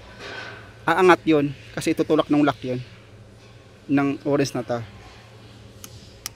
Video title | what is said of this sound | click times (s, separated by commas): DODGE RAM / AIRBAG LIGHT / B007E-13 / B007E-2B DRIVER SEAT RETRACTOR PRETENSIONER | Yan naka-lock na yung orange nakataas ib sabiin nak nakaangat na yung tanso | 5.8 s, 6.3 s